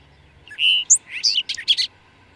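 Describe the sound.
Bird song: a short, high phrase that starts with a steady whistled note and ends in a few quick, scratchy chirps.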